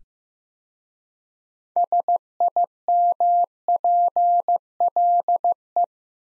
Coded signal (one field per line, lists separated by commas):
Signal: Morse code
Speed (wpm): 15 wpm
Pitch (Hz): 700 Hz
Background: none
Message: SIMPLE